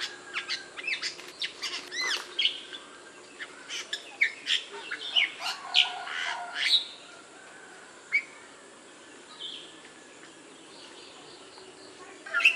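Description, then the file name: Bali myna calls in a rapid burst of harsh squawks and clipped chirps for about seven seconds, then scattered single notes and a final loud squawk. "jalak bali"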